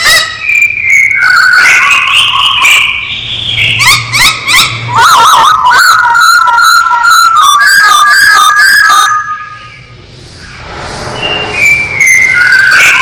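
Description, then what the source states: Masked laughingthrush song: long, loud sequence of varied whistles, rapid rising slurs and warbled phrases that fades briefly, then returns with further whistling. Described as gacor, singing actively and persistently.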